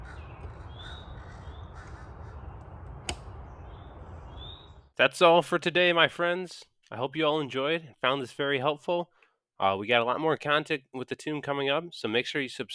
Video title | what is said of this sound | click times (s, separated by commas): Effortless Setup & Takedown: Tune M1 Camper in Just 5 Minutes! | you should hear a firm click when the latch closes like this | 3.1 s